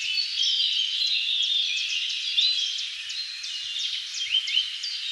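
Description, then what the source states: Birds in a busy chorus of overlapping sharp chirps and short whistled notes, some rising and falling quickly, steady from start to finish. Many birds in a forest.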